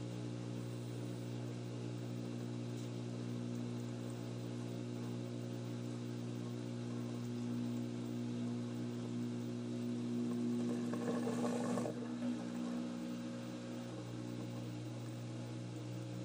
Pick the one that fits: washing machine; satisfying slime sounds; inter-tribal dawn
washing machine